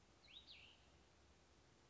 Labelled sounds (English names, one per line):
Cassin's Vireo